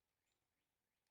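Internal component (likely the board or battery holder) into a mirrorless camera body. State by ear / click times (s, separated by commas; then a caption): not seated / none. During reassembly of a Lumix GM1 mirrorless camera after its internal lithium rechargeable clock battery is replaced, an internal part, possibly the board or battery holder, is handled and pressed toward position in the body. Only faint, steady low-level noise is heard, with no sharp sounds. Nothing has seated or clicked yet.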